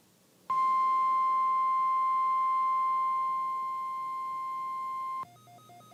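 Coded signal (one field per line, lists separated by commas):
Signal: Emergency Alert System (SAME) tones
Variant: 1050 Hz attention tone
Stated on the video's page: Required weekly test received live on a WR-120 weather radio, with a faint alert tone for an advisory audible.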